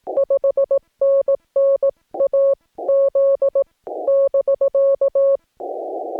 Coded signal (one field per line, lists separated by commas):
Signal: Morse code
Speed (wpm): 18 wpm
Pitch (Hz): 550 Hz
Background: none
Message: 5NN AZ <BK>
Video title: What I Did Wrong: CW in a Rare Park Leads to Chaos